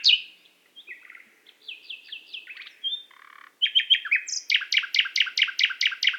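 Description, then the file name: Common nightingale song: a varied string of chirps, slurred whistles and buzzy notes, followed by a loud, evenly repeated series of sharp notes. "Luscinia megarhynchos"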